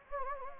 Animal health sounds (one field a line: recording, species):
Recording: mosquito wingbeat signal from an infrared sensor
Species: Anopheles gambiae